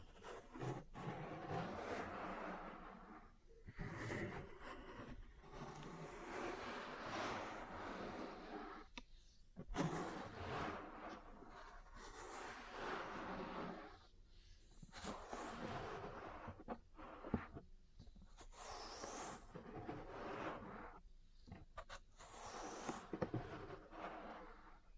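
Ear cleaning and massage sounds come in bursts of scratchy, rustling rubbing, each lasting a few seconds and separated by brief quiet gaps. The texture is bright and shifting. Occasional sharp taps or clicks stand out, around ten and seventeen seconds.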